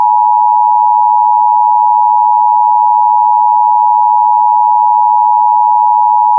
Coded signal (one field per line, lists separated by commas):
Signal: Emergency Alert System (SAME) tones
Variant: 853 and 960 Hz attention tone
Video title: Only in Ohio (New EAS 26)